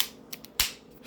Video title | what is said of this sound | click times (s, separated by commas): Springfield Hellcat full-length pinky extension for the 10 round magazine | snaps right in flush | 0.6 s